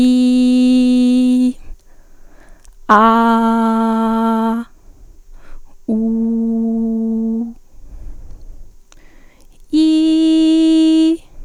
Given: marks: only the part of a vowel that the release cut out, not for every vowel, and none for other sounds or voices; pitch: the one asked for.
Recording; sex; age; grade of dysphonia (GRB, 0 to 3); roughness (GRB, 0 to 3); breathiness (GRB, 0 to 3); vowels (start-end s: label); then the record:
sustained vowels; female; 20 to 29 years; 1; 1; 0
0.00-1.42 s: vowel /i/, normal pitch
3.19-4.47 s: vowel /a/, normal pitch
5.99-7.35 s: vowel /u/, normal pitch
9.83-11.05 s: vowel /i/, high pitch
From the record:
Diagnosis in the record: healthy voice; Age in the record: 22 years